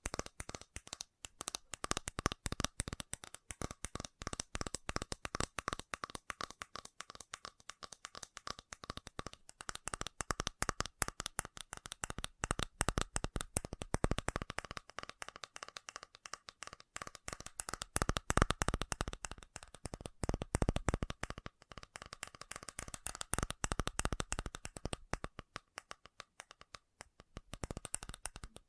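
Fast tapping runs almost unbroken for the whole clip, sharp dense clicks that swell into louder, busier flurries around the middle and near the end.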